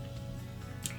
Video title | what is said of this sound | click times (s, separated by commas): How to Change the Charge-Pak on the Physio-Control LIFEPAK CR Plus & Express - AED.US | and you'll hear it click. | 0.9 s